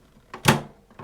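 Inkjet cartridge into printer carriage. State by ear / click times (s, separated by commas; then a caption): seated / 0.5 s. A tri-color plastic ink cartridge is pushed with the thumb into the carriage of an HP DeskJet 2827e inkjet printer. A short tap at 0.3 s is followed by a loud, sharp click at 0.5 s as the cartridge seats in place. Fainter knocks come near 1.0 s.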